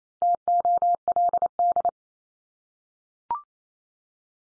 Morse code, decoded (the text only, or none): TOLD